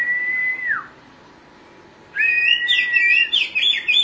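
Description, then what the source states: Oriental magpie-robin song: a long steady whistle that drops at the end, a brief pause, then a whistle leading into rapid, intricate warbling. Chirping song (kicauan) of the bird.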